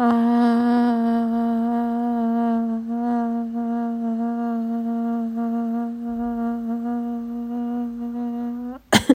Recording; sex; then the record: sustained vowel /a/; female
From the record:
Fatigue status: fatigue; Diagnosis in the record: COVID-19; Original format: m4a